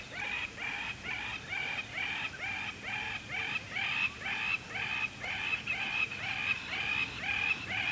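Lapwing giving a run of nasal, wheezy slurred calls, repeated about twice a second with little pause, over faint background noise.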